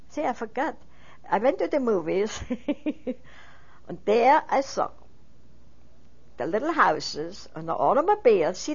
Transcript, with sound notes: See I forgot. I went to the movies (she laughs) and there I saw the little houses and automobiles.